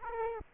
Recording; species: mosquito wingbeat signal from an infrared sensor; Aedes aegypti